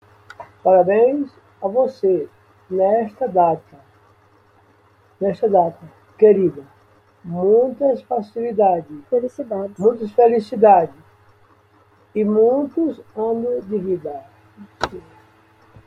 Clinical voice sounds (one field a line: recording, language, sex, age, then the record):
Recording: short text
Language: Brazilian Portuguese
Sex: male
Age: 60 to 69 years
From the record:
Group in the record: control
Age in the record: 67 years